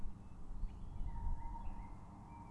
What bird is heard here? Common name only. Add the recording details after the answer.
Common Blackbird. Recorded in Germany. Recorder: ecoPi